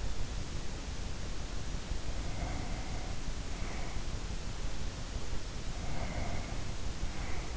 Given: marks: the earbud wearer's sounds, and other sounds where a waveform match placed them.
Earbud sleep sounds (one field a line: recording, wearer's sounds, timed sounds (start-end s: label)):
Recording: sounds in sleep by an in-ear microphone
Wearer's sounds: breath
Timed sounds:
2.03-4.07 s: breath
5.61-7.57 s: breath